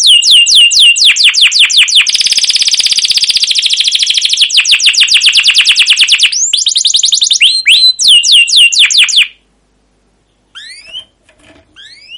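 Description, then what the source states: Canary rattling out a long, very fast rolling trill between runs of sweeping chirps, then falling quiet before a few final rising notes. Long continuous rolling 'ngerol' canary song with 'cuit cuit' notes, used as a master and lure recording to prompt other canaries to sing.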